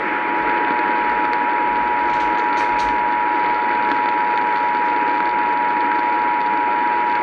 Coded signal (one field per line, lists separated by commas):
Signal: Emergency Alert System (SAME) tones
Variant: 853 and 960 Hz attention tone